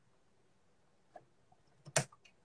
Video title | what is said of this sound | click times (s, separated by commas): Quantum Stylist™ 9960: An Introduction | going to lift this up a little higher to get over it clicks | 2.0 s